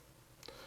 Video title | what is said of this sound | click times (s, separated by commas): 790 Troubleshooting for Service and Maintenance Video | you will hear click when the station detaches from the mounting plate | 0.5 s